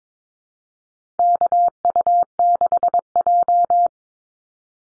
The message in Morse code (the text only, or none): KU6J